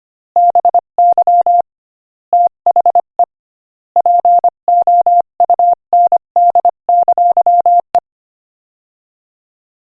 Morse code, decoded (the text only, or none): BY THE POUND! E